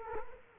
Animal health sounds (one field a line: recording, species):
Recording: mosquito wingbeat signal from an infrared sensor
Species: Culex quinquefasciatus